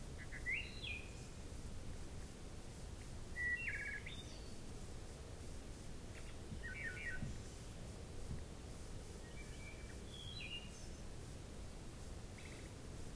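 Wood thrush song, fairly faint: several soft flutelike phrases spaced a few seconds apart over a constant low rumble.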